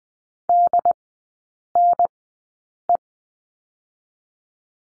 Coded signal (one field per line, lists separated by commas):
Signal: Morse code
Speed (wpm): 20 wpm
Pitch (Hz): 700 Hz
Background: none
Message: DNE